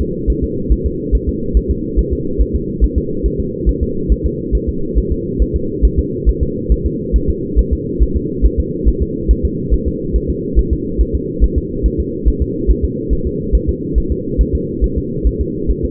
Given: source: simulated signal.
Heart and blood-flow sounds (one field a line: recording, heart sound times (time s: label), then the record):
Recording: fetal heart sounds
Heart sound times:
0.02 s: S2
0.30 s: S1
0.44 s: S2
0.72 s: S1
0.86 s: S2
1.15 s: S1
1.29 s: S2
1.57 s: S1
1.71 s: S2
1.99 s: S1
2.13 s: S2
2.42 s: S1
2.56 s: S2
2.84 s: S1
2.98 s: S2
3.26 s: S1
3.40 s: S2
3.69 s: S1
3.83 s: S2
4.12 s: S1
4.26 s: S2
4.55 s: S1
4.69 s: S2
4.98 s: S1
5.12 s: S2
5.42 s: S1
5.56 s: S2
5.85 s: S1
5.99 s: S2
6.29 s: S1
6.43 s: S2
6.72 s: S1
6.86 s: S2
7.16 s: S1
7.30 s: S2
7.59 s: S1
7.73 s: S2
8.03 s: S1
8.17 s: S2
8.46 s: S1
8.60 s: S2
8.88 s: S1
9.03 s: S2
9.31 s: S1
9.45 s: S2
9.74 s: S1
9.88 s: S2
10.16 s: S1
10.30 s: S2
10.59 s: S1
10.73 s: S2
11.01 s: S1
11.15 s: S2
11.44 s: S1
11.58 s: S2
11.86 s: S1
12.00 s: S2
12.28 s: S1
12.42 s: S2
12.71 s: S1
12.85 s: S2
13.13 s: S1
13.27 s: S2
13.55 s: S1
13.69 s: S2
13.98 s: S1
14.12 s: S2
14.41 s: S1
14.55 s: S2
14.84 s: S1
14.98 s: S2
15.27 s: S1
15.41 s: S2
15.71 s: S1
15.85 s: S2
From the record:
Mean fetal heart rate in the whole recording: 140 bpm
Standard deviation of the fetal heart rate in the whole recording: 2 bpm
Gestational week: 34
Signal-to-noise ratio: -6.6 dB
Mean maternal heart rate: 72 bpm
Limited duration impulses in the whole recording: present